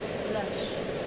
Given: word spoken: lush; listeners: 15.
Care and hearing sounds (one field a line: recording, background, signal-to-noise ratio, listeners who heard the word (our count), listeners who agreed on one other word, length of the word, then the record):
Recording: one English word in noise, from a listening test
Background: speech-shaped noise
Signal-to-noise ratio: -4.4 dB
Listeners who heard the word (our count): 1 of 15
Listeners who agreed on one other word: 10 of 15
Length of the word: 0.67 s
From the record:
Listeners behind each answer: 10, 2, 1, 1, 1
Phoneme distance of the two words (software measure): 7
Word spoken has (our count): 1 syllable, 3 phonemes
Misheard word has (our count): 1 syllable, 4 phonemes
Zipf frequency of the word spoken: 3.67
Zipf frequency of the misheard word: 3.19